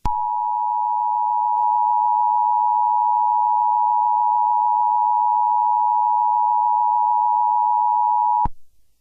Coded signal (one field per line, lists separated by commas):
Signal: Emergency Alert System (SAME) tones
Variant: 853 and 960 Hz attention tone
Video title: Eas Scenario 020 - The COLDEST Day in The History of the World